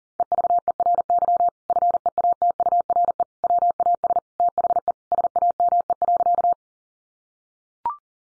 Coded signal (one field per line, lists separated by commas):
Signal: Morse code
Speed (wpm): 37 wpm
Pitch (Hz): 700 Hz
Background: none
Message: EVERY FEATURE WAS THE SAME.